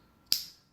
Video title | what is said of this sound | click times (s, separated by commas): Mazda 3 Flip Key Fob Battery Replacement (2010 - 2013) | this part is into place little click and you're good to go | 0.3 s